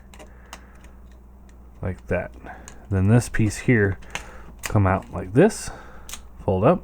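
A plastic fold-out panel on a Transformers United Lugnut robot toy is handled: it is pulled out and folded up toward the robot body. Faint plastic ticks and taps come in the first second and a half, then someone talks over the handling. Nothing has seated or clicked yet.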